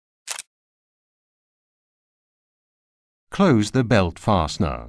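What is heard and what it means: A vehicle's three-point seat belt tongue is pushed into its buckle while a Recaro Young Sport 2.0 (9–36 kg) child car seat is being installed. A short, sharp click at 0.4 s shows the buckle seating shut, followed by silence and then someone talking.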